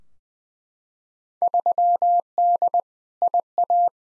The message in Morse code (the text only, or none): 3D IA